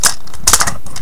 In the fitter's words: fold everything back up until it clicks together like that